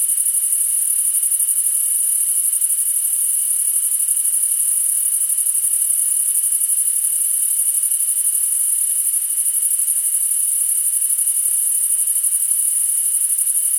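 Cricket chorus: a continuous shrill, finely pulsed trill holding the same pitch from start to finish, over a faint steady hum-like tone.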